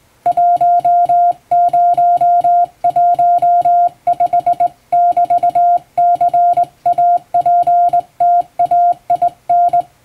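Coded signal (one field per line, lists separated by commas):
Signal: Morse code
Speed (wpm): 20 wpm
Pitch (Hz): 700 Hz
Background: music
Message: 1015<BT>CAPTAIN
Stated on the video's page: Morse code practice for Japanese radio operator exam.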